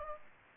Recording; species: mosquito wingbeat signal from an infrared sensor; Aedes aegypti